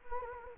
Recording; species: mosquito wingbeat signal from an infrared sensor; Anopheles gambiae